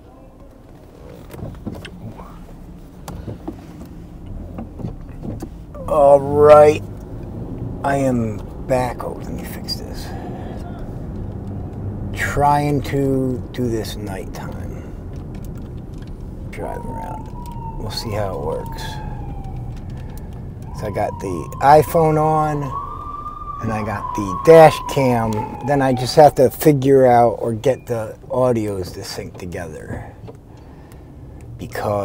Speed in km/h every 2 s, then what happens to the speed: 0, 0, 3, 15, 18, 23, 23, 19, 15, 16, 10, 6, 3, 0, 0, 0.
0-2 standing. 2-11 pulls away to 23. 11-25 slows to 0. 25-32 standing.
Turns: none.